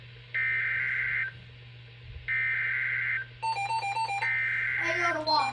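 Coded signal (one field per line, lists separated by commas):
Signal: Emergency Alert System (SAME) tones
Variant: header bursts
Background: speech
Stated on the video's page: Severe thunderstorm watch received on weather radio station KIG86.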